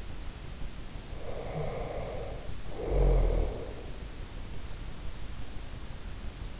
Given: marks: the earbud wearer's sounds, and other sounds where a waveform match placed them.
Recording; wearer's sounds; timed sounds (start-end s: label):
sounds in sleep by an in-ear microphone; snoring breath
1.14-3.91 s: snoring breath